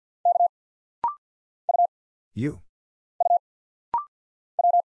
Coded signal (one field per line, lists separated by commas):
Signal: Morse code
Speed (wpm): 50 wpm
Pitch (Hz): 700 Hz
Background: none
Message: K U U W